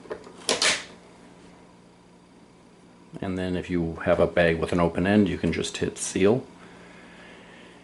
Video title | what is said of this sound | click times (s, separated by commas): Pendoo Vacuum Sealer - The Best | down make sure you hear both sides click | 0.5 s, 0.6 s